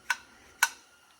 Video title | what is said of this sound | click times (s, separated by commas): 1974 Bulltaco Alpina 350 will it run? One owner for 50 years! | very nice. A nice solid seat sound in there. | 0.1 s, 0.6 s